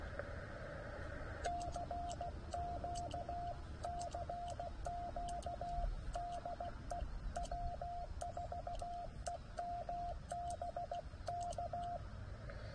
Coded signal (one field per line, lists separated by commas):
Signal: Morse code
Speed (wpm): 16 wpm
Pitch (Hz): 700 Hz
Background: radio noise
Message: CQ CQ DE W4EMB K